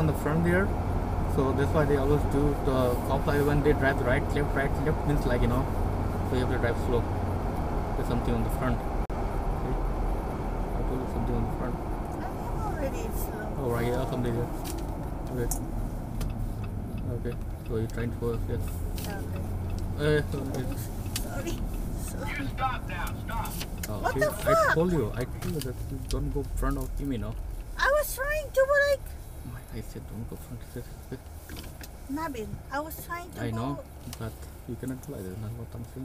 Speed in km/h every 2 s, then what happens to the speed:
77, 77, 77, 77, 72, 68, 61, 53, 42, 37, 35, 31, 23, 10, 3, 0, 0, 0.
0-6 steady at about 77. 6-29 slows to 0. 29-36 standing.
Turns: none.